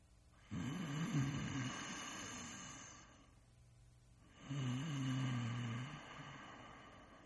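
Two long, low rattling snores from a human, starting about four seconds apart, a sound effect.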